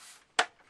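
The front plastic clamps of an Xbox 360 console casing are snapped into place during reassembly. After a faint hiss, a single sharp, bright snap lands at 0.4 s, and it fades quickly. The clamps are seated.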